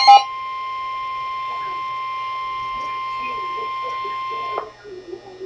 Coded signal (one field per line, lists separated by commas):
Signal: Emergency Alert System (SAME) tones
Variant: 1050 Hz attention tone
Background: speech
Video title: Severe Thunderstorm Warning - EAS #390